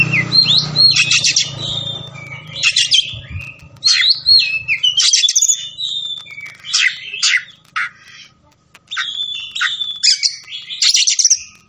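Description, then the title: Oriental magpie-robin delivering a rich medley of clear whistles, rasping trills and abrupt scratchy notes in short phrases separated by gaps; low rumble at the start. Kacer fighting song (ngotot, full tembakan), meant to make a kacer fight within minutes. "Kacer Langsung Tarung Konslet KACER NGOTOT FULL TEMBAKAN"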